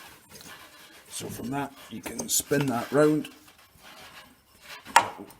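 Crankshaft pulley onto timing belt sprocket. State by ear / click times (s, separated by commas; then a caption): seated / 5.0 s. Someone talks while a metal crankshaft pulley is fitted over the timing belt sprocket on a Brazilian VW T2C Kombi 1.4 Fox engine and turned until its dimple lines up. At 5.0 s it drops and locks into place with a single sharp knock, seating the pulley on the sprocket.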